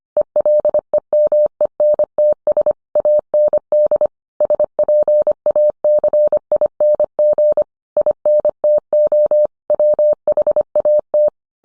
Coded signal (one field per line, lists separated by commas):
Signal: Morse code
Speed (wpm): 25 wpm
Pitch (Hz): 600 Hz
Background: none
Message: ELEMENTS AND SPACING INTO WHAT